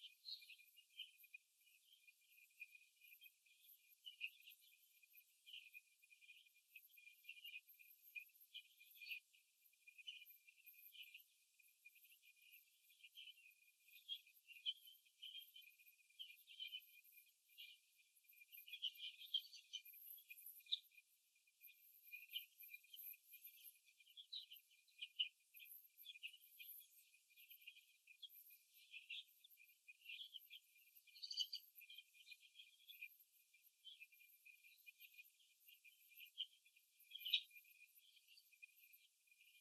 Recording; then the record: young laying hens in a cage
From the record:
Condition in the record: before the stressor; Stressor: simulated dog barking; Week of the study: 2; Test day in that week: 3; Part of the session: 3